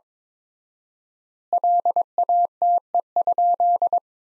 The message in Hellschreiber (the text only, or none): none